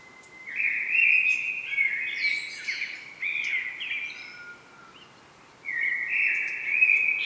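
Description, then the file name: Common blackbird singing a mellow, fluty warbled phrase ending in higher squeaky twitters, then, after a short pause, starting another. "Turdus merula"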